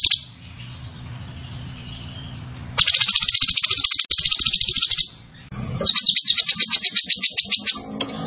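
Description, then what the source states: Zebra finch song: after a faint hum, two bursts of fast, high buzzy trilling, each lasting a couple of seconds. Master recording for training cage birds; bird described as gacor, singing vigorously.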